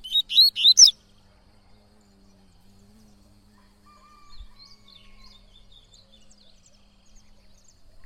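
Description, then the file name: Yellow-bellied seedeater singing a brief, fast run of high slurred notes at the very start, followed by quiet with faint bird chirps. "canto de coleiro baiano"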